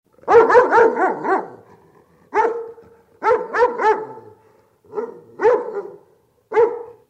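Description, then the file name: Dog barking in a few quick runs of several harsh barks, with single barks between and at the end, separated by short pauses. "Собака"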